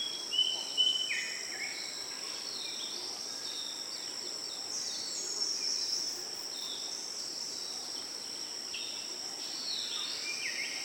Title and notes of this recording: The Daintree Rainforest. Eastern whipbird/Cicada/Spotted catbird/Graceful honeyeater/Bees/Green catbird/Torresian crow/australian crow/Yellow spotted honeyeater/Brown flyeater/Lewins flyeater/Brown cuckoo dove/Chowcilla